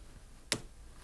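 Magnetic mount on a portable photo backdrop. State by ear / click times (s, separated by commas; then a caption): seated / 0.5 s. A lightweight holder with two strong magnets is held against the mount of a portable photo backdrop and snaps on with one sharp click at 0.5 seconds. The rest of the clip is quiet, and the magnetic mount is seated on the holder.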